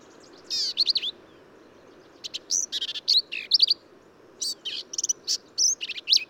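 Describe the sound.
Black-capped vireo song: a series of busy, high, scratchy phrases with descending slurs and rapid chip runs, following closely after one another.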